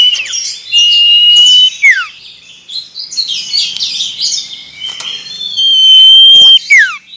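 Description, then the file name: Common iora song: long, steady, high whistles, each ending in a sharp downward slide, heard twice over thick twittering. Male. "suara burung cipoh jantan"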